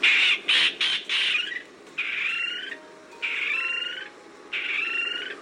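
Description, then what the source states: Guam kingfisher giving harsh, raspy chattering calls: a quick burst of grating notes, then three longer rasping phrases spaced about a second apart. Guam kingfisher, known locally as Sihek, native to Guam and until recently extinct in the wild; call described as a raspy chattering.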